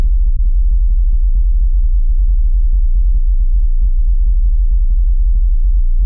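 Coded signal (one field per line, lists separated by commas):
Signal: PSK31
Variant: BPSK31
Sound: deep low hum warbling with rapid irregular clicks and thumps throughout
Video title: BPSK31 digital mode on the ELF BAND - 29 hertz - test ELF RF over IP using OPUS CODEC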